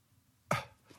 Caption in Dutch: En die valse stembanden die kunnen in standje poepdoos gaan zitten. Dus als ik schrik, dan zitten mijn valse stembanden dicht en dan zorg ik ervoor dat er niets in mijn longen komt.